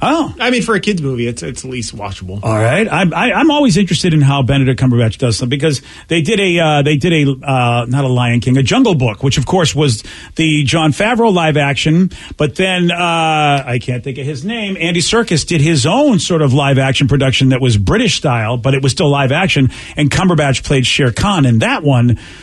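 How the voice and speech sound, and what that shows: A man speaks fluently and conversationally at an even pace, with only brief ordinary hesitations and restarts.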